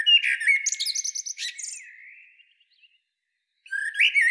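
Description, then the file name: Eurasian blackbird giving a warbled phrase with thin high twittering that trails off, a short silence, then a new phrase begins. "Turdus merula"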